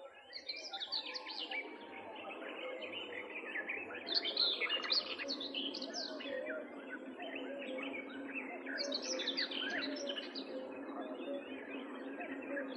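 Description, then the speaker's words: Common Whitethroat song: hurried bursts of scratchy, twittering notes recurring every few seconds. Hurried, twittering song sung in flight; the bird rises into the air with fluttering wings, then hides in bushes again when the trill ends. "Это поет серая Славка. Слышите, какая у нее торопливая щебечущая песенка."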